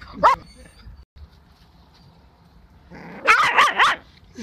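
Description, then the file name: Dog barking: one sharp bark, a quiet pause, then a quick burst of three or four loud barks. "Odglosy z wierzat - pies"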